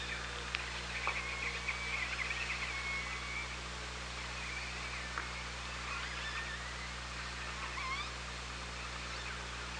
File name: Orca Lab UTLN JASON 20170824 170240 h 3 PI ORCALABDYNI